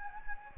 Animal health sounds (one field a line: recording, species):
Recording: mosquito wingbeat signal from an infrared sensor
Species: Anopheles gambiae